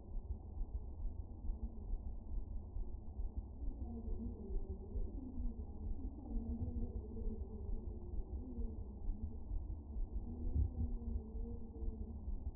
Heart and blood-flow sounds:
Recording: fetal heart sounds by stethoscope on the mother's abdomen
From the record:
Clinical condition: moderate anaemia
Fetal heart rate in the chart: 135 bpm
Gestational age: 39 weeks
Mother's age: 23 years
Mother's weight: 54 kg

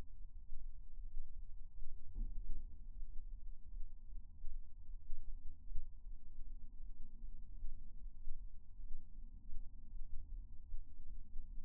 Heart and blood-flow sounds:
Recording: fetal heart sounds by stethoscope on the mother's abdomen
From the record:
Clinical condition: for safety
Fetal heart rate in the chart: 140 bpm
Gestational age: 38 weeks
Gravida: 1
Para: 0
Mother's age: 23 years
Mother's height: 157 cm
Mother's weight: 76 kg

